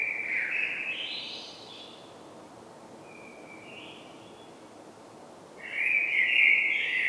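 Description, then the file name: Common blackbird singing: a wavering, slightly rising phrase at the start, a soft shorter phrase in the middle, and a louder phrase near the end. "Turdus merula"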